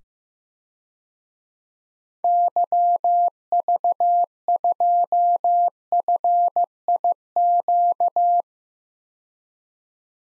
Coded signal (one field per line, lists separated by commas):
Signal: Morse code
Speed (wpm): 15 wpm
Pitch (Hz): 700 Hz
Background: none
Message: YV2FIQ